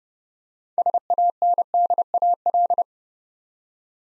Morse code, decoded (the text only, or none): SANDAL